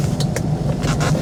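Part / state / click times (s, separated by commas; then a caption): seat belt tongue into the buckle of a car seat belt / not seated / none. Inside a 1977 Pontiac Firebird Formula, the driver pushes the metal seat belt tongue toward the buckle after the car's fasten-belt warning sounds. Two brief, sharp handling taps at about 0.2 and 0.4 seconds sit over a steady low engine hum. Nothing has seated or clicked yet.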